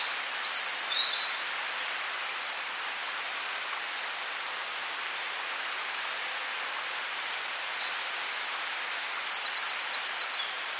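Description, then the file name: Eurasian blue tit song: high thin notes leading into a fast trill, repeated after several seconds of quiet background hiss. "Cyanistes caeruleus"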